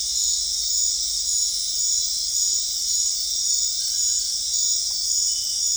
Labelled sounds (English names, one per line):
none